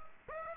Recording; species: mosquito wingbeat signal from an infrared sensor; Aedes aegypti